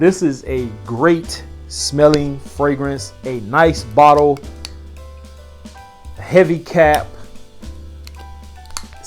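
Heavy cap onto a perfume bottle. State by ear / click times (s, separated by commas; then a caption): seated / 8.8 s. A heavy cap is put back onto a fragrance bottle while someone talks over background music. It snaps into place with a sharp click at 8.8 s, and the cap is seated on the bottle.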